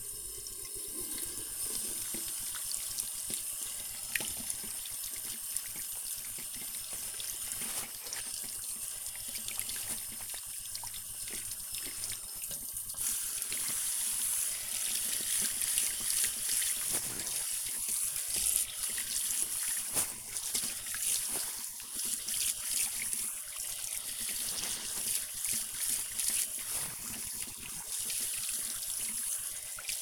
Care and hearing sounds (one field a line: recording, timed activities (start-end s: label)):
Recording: household activities, microphone on the right wrist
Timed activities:
0.00-30.01 s: washing hands